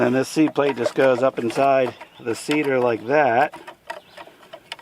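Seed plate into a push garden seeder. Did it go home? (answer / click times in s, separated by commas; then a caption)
yes / 4.7 s. Someone talks while a plastic seed plate is fitted up inside a push garden seeder, followed by a few small handling taps as the talking stops. A faint click at 4.7 s marks the plate locking into place, seated.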